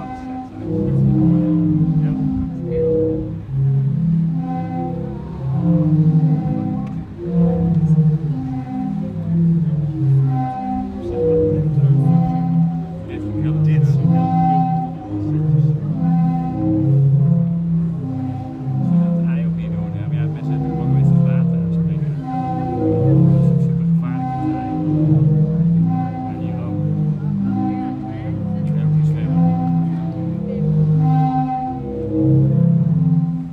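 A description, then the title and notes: The sea organ in Zadar sounds continuously, with low, hollow tones rising and fading in overlapping waves as water pushes through its pipes. Several pitches blend at once in a soft, moaning chorus, with faint splashes and murmur above. Die Meeresorgel in Zadar. Sie klingt zeitgleich zart und kraftvoll.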